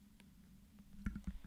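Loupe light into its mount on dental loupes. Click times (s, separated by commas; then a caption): 1.1 s. A small loupe light is slid onto its mount on a pair of dental loupe frames. Faint handling noise and a light tick at 0.2 s lead up to a sharp click at 1.1 s, followed by a few softer taps. The light is seated on its mount.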